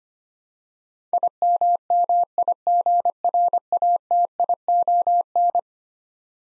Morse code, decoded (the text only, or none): IMMIGRATION